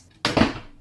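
After the door of a plastic toy plushie oven is closed, its dial is turned until it snaps into place at 0.2 s with a loud, sudden bang that sounds more like a smash than a click, followed by a fading ring. The dial is seated and the timer starts.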